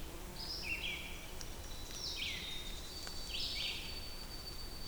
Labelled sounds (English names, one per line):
Red-eyed Vireo song